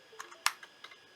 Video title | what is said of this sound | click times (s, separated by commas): How to hook up a Atolla USB Hub | plug it in until you hear a click. So let's listen. | 0.5 s